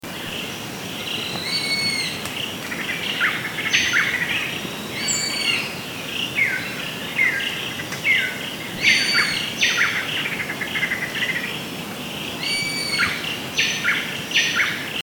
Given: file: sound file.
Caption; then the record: Sample of a dawn chorus in the intact Kichi Hills forest. 10th April 2007, 22.8°C, 94% h.r. 170 Hz high-pass filtered to remove noise due to wind.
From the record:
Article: Rapid Acoustic Survey for Biodiversity Appraisal